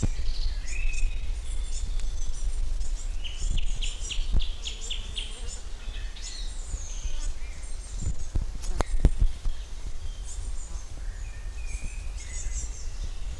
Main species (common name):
Song Thrush